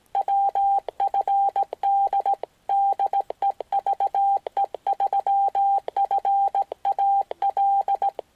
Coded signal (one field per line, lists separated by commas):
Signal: Morse code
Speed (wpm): 17 wpm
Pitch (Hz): 790 Hz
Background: none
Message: WFD DE VE3FAL